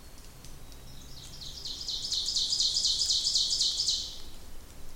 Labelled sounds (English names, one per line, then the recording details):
Ovenbird song
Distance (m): 35 m
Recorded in boreal forest in Alberta, Canada, on 26 May 2016 at 08:26
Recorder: SongMeter 3, array SBT-3-15
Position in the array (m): 36 m, 247 m
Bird 20